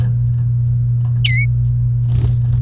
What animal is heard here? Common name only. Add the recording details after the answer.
Domestic Canary. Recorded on 29 April 2018 at 17:06. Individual llb3